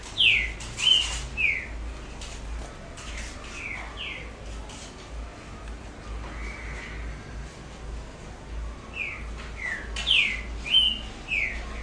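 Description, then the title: Double-collared seedeater singing a few phrases of slurred whistled notes, at the start, in the middle and near the end, with a quiet gap and faint hiss between. "Canto Coleiro"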